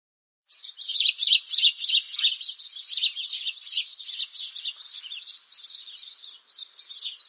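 Sparrow: after a moment of silence, a steady, busy flow of fast high chirps that carries on to the end.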